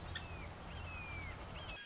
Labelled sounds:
Red-shouldered Hawk

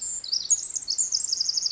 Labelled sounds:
Pacific Wren

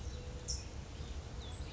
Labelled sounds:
California Towhee

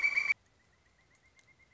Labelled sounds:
Pileated Woodpecker

